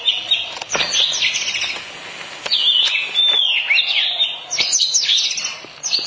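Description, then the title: Oriental magpie-robin song of mixed whistles and twittering phrases, with some faint background clicks and noise. Long-duration song recording. "Kacer"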